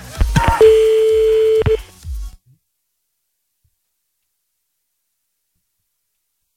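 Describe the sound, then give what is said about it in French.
A remixed telephone ringing tone: a single steady electronic beep holds for about a second over low thumping beats, then cuts off abruptly into silence. “C'est le remix de la sonnerie téléphone.”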